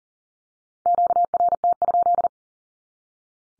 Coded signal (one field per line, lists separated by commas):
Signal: Morse code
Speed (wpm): 40 wpm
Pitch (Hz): 700 Hz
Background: none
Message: QRT?